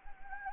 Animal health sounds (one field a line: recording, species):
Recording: mosquito wingbeat signal from an infrared sensor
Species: Anopheles gambiae